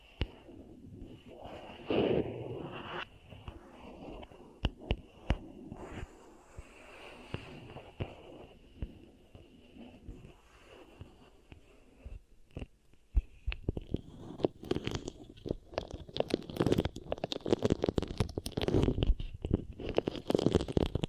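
Beeswax ear triggers: sticky, crackling squelches and pops come in dense irregular bursts, with a thin steady tone running underneath. The first half is quieter and sparser, with a soft patch around two seconds; from about thirteen seconds the crackling grows louder and busier.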